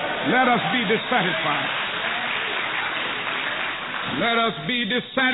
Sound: applause